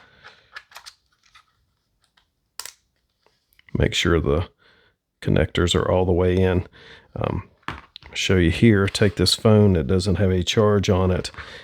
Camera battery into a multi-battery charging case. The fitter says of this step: press it until it clicks like you would in your device.